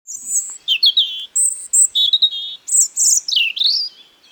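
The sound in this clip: European robin singing a varied phrase of high, sweet whistles and slurred notes, some very high and thin, others dropping lower, separated by brief pauses.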